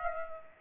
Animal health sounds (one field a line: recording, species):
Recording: mosquito wingbeat signal from an infrared sensor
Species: Aedes aegypti